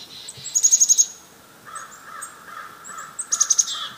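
Chickadees giving mobbing calls: two rapid bursts of high, sharp chick notes, with lower notes in between.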